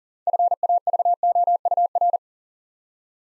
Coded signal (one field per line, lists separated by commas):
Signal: Morse code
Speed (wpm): 38 wpm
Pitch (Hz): 700 Hz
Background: none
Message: FAVOUR